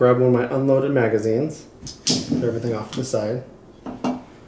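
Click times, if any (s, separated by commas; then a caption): none. Someone talks while handling an unloaded Shield 45 pistol next to a plastic Tier 1 AGIS appendix inside-the-waistband holster, with faint handling noise between the words. The pistol has not yet been pushed into the holster, and nothing has seated or clicked yet.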